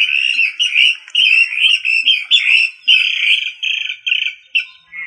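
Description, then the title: Rail calling with a fast series of short, bright whistled notes, somewhat irregular, some rising and falling. "LuckyFamilia RallidaeFrangoSama"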